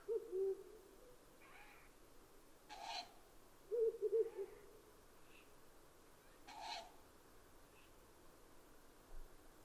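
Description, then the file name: Owl with paired low hoots near the start and at four seconds, mixed with rough, hissing screeches spaced a few seconds apart. Recorded 12 June 2011. "fukurou kaijyuu-20110612"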